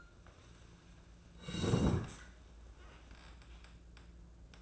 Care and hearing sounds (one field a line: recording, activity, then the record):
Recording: daily activity, microphone in the room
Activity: sit down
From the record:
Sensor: 2